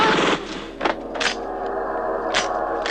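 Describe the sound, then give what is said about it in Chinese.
Several sharp, crackling gunshot bursts and explosions ring out at irregular intervals over a steady roar of background noise during a shootout at the Shilang guesthouse, opening with a dense blast of noise that quickly drops away. “仇人相见，分外眼红，顿时枪声大作，爆炸迭起。”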